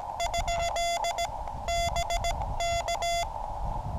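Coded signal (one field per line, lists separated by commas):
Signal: Morse code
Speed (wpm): 17 wpm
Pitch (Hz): 690 Hz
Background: none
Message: ? BK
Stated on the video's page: Morse CW sent on a QCX Mini transceiver.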